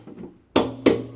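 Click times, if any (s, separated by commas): 0.6 s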